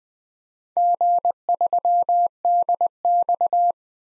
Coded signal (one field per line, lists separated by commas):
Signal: Morse code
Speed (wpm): 20 wpm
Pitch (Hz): 700 Hz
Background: none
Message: G3DX